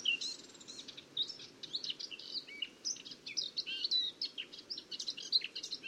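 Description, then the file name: Eurasian blackcap warbling continuously, a fast jumble of varied chirps, slurred whistles and twittering notes with little pause, quiet hiss underneath. "Sylvia atricapilla"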